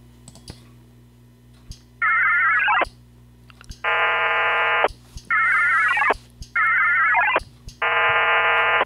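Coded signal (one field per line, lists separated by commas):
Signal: HF data modem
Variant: VARA FM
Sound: back-and-forth bursts of warbling hopping tones and dense buzzy multi-tone blocks, with short gaps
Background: low mains hum, clicks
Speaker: and off we go making the connection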